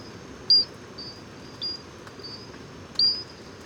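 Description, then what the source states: Pinchon's robber frog gives brief, high, crystal-clear notes at irregular intervals. Sings also by day; small crystal note, sounds like an insect; 10 November 2018, Moscou, Gourbeyre heights, Guadeloupe, national park edge, 736 m; persistent rain; only in Basse-Terre forests.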